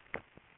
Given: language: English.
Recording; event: throat vibration sensor signal played as sound; swallow